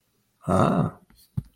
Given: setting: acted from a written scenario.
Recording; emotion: vocal sound without words; interest